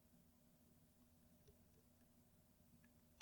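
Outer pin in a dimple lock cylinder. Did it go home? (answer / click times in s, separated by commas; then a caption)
no / none. A Rav Bariach pin-in-pin dimple lock cylinder is being picked under moderate tension, working the outer pin at position three. Only a low steady hum and a few faint ticks of the pick are heard, with a short sharp transient right at the end. The outer pin has not set at the shear line yet, and nothing has clicked.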